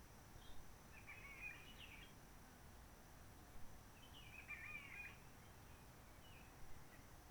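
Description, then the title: Réunion bulbul giving two chattering, slurred phrases a few seconds apart, with a couple of faint single notes, over low rumble and a thin steady high whine. Roche Merveilleuse, Réunion; forest quiet since 19 March 2020 lockdown, no people, microlights or helicopters; sunny blue sky; birds not very active; bulbul singing simpler short phrases, adapted to past noise pollution. "Roche Merveilleuse, Réunion - Merle de lîle de la Réunion."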